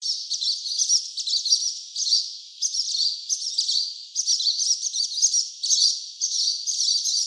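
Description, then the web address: Barn swallow twittering: rapid, chattering high chirps in bursts that run almost without pause, rising and falling in loudness throughout; no other clear sounds. 14 May 2019. "birdenaga tubame 190514"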